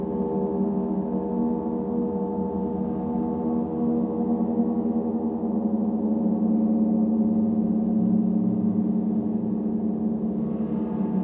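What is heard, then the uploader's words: A gong bath hums with a dense, sustained wash of overlapping low and middle tones that never fully decays. The sound stays steady, swelling slightly louder around the middle and pulsing gently underneath, with faint brighter shimmer near the end. Gong Bath. 銅鑼浴. 聆聽銅鑼的宇宙音頻.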